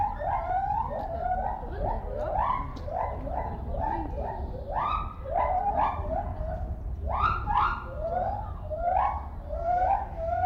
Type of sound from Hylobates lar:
call